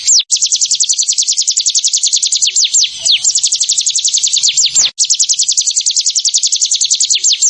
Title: Ciblek Sawah